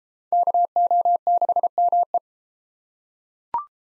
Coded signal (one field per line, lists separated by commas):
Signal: Morse code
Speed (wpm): 30 wpm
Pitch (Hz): 700 Hz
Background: none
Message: KO6ME